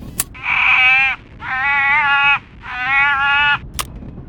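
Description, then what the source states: Harbor seal giving three nasal, sheep-like wails in a row, rich in harmonics, separated by short pauses, framed by brief clicks. Mystery recording played in a guessing game; waves heard in the background.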